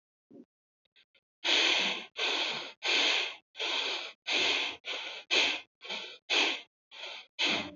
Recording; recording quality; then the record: shallow breathing; excellent, no background noise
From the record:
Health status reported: healthy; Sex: female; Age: 25 years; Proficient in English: yes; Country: India